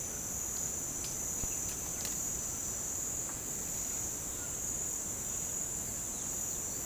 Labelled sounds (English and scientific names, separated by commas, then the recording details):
none
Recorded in pastures near Puerto Asís, Putumayo, Colombia, on 22 December 2024 at 09:00
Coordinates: 0.466, -76.322
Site G040